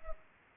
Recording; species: mosquito wingbeat signal from an infrared sensor; Culex pipiens